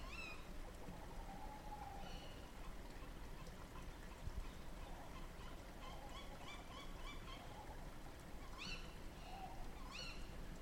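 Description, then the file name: Owl calls: a run of harsh, rising yelps with rich overtones, some quick and stuttered, plus a lower drawn-out note. Several owls at night at the end of March. "rizhie sovi nochyu v konce marta"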